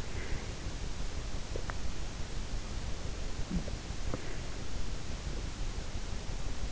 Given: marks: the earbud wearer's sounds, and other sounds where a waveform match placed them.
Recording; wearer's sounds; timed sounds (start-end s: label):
sounds in sleep by an in-ear microphone; breath, teeth grinding
0.00-0.72 s: breath
1.45-1.90 s: teeth grinding
3.96-4.71 s: breath